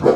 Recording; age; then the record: pig call; growing-finishing pig (85 days or more)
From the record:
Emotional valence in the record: positive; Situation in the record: run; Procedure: transit